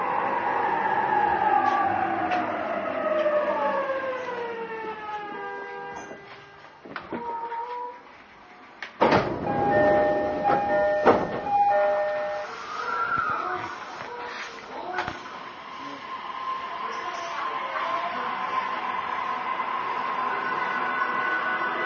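Aboard a JR E233 train, motor whine slides downward as it slows, then a hush, a thud, steady chime tones and renewed rumble.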